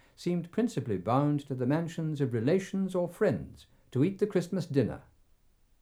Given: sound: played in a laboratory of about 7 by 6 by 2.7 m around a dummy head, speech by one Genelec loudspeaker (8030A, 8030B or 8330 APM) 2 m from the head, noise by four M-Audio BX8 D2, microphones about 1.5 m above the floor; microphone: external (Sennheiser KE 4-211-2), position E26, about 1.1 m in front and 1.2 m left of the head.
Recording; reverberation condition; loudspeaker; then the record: male speech in English; low; 60 degrees to the left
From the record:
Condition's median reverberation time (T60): about 310 ms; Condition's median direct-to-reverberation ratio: about 3.5 dB